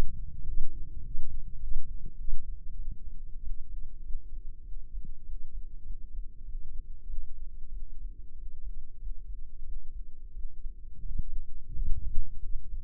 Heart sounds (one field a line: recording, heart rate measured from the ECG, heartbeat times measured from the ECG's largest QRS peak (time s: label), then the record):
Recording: heart sounds by microphone in the left ear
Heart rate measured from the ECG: 95 bpm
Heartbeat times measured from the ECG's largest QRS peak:
0.45 s: heartbeat
1.02 s: heartbeat
1.59 s: heartbeat
2.16 s: heartbeat
2.75 s: heartbeat
3.39 s: heartbeat
4.02 s: heartbeat
4.63 s: heartbeat
5.23 s: heartbeat
5.82 s: heartbeat
6.42 s: heartbeat
7.05 s: heartbeat
7.69 s: heartbeat
8.34 s: heartbeat
8.98 s: heartbeat
9.64 s: heartbeat
10.32 s: heartbeat
11.03 s: heartbeat
11.73 s: heartbeat
12.41 s: heartbeat
From the record:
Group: healthy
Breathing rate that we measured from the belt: 16 breaths a minute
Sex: female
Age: 24 years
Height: 163 cm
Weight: 55.7 kg